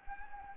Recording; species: mosquito wingbeat signal from an infrared sensor; Anopheles gambiae